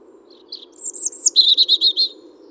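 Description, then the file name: European robin song phrase: a high sustained whistle wavering slightly, followed by a rapid series of about six short repeated notes at a lower pitch. "Erithacus rubecula"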